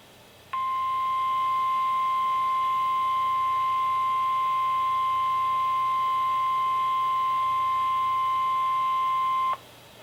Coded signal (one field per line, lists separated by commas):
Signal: Emergency Alert System (SAME) tones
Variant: 1050 Hz attention tone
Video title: EAS #13-#14: More Flood Warnings! | KHB36